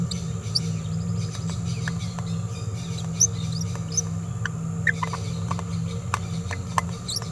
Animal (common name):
Green-rumped Parrotlet